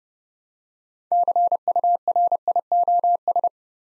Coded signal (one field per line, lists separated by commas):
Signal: Morse code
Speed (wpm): 30 wpm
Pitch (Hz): 700 Hz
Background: none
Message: CURIOS